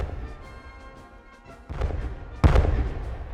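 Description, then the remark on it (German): Cannon shots at Tilsit, part of 40 fired to announce Alexander's crossing of the river, boom twice over a low rumble, a heavy blast followed moments later by a second, louder one that rolls on. No one speaks. “Napoleon musterte sie so lange, bis Kanonenschüsse den Übergang Alexanders über den Strom verkündeten.”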